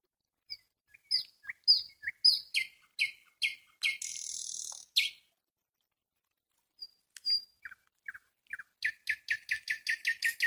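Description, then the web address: Nightingale song opening with spaced sharp chacking notes, then a drawn-out harsh buzz, a silence, scattered whistles and a fast series of clicks. "spiew slowika slowik wiejski"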